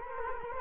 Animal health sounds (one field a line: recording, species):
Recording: mosquito wingbeat signal from an infrared sensor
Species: Culex quinquefasciatus